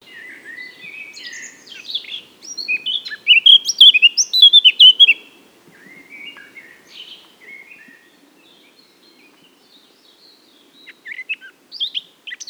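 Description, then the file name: Eurasian blackcap song: a quiet chattering warble building into loud, clear fluting phrases, then soft twittering, a pause, and a few sharp notes near the end. "Sylvia atricapilla"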